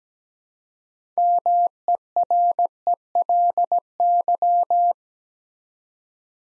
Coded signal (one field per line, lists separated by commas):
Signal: Morse code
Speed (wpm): 17 wpm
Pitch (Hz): 700 Hz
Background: none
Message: MERELY